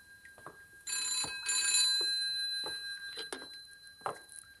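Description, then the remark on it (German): A telephone bell rings in a loud, sustained metallic burst for about two seconds, fading slightly, followed by a few soft thuds and the shuffling of heavy footsteps through the room. “Es war das Telefon.”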